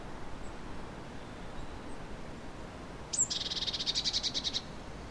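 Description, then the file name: Eurasian blue tit producing one harsh churr, a short high note followed by a quick buzzy rattle of about a second and a half, after a quiet hissy stretch. "Cyanistes caeruleus"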